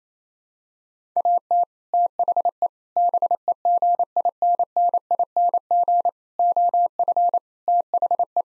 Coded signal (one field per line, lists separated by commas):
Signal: Morse code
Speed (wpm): 28 wpm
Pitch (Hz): 700 Hz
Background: none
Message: AT THE BEGINNING OF THE